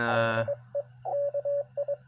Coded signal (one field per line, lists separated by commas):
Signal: Morse code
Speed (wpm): 22 wpm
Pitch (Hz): 570 Hz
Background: speech, radio noise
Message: DE KI